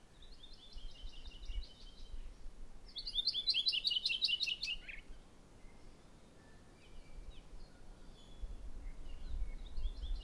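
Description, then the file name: Maui parrotbill calling twice: a softer quick series of high notes, then a louder, denser run of slurred notes, with faint chips afterward. "Maui Parrotbill Pseudonestor xanthophrys"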